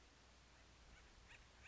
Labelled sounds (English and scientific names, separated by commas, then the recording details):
Acorn Woodpecker (Melanerpes formicivorus)
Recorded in Sonoma County, California